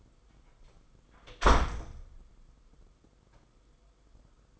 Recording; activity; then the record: daily activity, microphone in the room; close door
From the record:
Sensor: 5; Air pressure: 990.7 hPa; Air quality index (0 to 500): 154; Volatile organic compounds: 194 ppm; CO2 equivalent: 4193 ppm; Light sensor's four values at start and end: 26/63/26/28 and 26/61/25/27